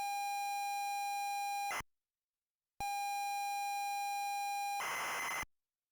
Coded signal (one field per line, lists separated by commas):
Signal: ZX Spectrum tape loading